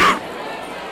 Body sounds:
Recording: coughing mixed with background sound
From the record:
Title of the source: 31 night wet cough

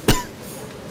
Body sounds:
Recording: coughing mixed with background sound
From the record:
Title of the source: Coughing 51

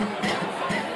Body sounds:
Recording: coughing mixed with background sound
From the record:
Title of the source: Man Coughing Sound - Wet Cough Sound Effect

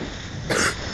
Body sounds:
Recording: coughing mixed with background sound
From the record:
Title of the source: 30 Chesty and wet cough

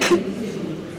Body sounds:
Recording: coughing mixed with background sound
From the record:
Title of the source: 61 morning phlegmy cough...again

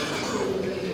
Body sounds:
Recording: coughing mixed with background sound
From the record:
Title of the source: Spring Cold Coughing 2

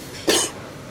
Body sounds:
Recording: coughing mixed with background sound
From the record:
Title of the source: 55 gaggy wet cough

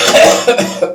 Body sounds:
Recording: coughing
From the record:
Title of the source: Cough Around the Clock!

